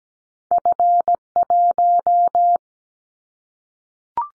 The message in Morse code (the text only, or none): F1